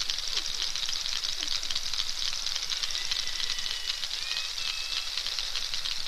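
Narwhal clicking in fast bursts, joined partway through by several short, thin whistles sliding upward.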